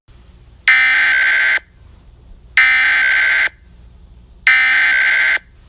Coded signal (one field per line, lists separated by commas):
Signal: Emergency Alert System (SAME) tones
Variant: header bursts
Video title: EAS Scenario - Hell REMASTERED (RE-UPLOAD)